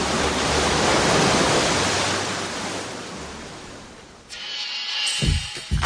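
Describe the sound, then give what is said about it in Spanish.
Waves crash against rocks in a loud, continuous roaring wash of surf that swells and slowly eases, then gives way near the end to a harsher texture with a few heavy low thumps. “Playa Salvaje, donde las rocas golpean al mar.”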